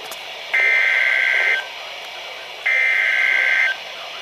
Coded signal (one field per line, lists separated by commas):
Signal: Emergency Alert System (SAME) tones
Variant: header bursts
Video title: Double Header Flood Warnings (EAS #1,145-1,146)